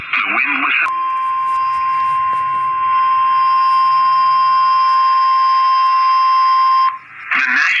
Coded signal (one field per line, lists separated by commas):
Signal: Emergency Alert System (SAME) tones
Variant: 1050 Hz attention tone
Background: speech